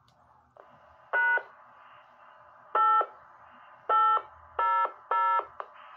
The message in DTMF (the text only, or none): #8800